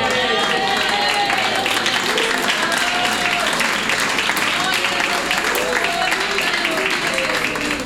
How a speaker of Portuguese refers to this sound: Palmas para Jesus. Palmas para Jesus.